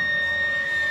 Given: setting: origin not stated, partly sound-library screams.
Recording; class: one-second piece from a danger detection set; woman in danger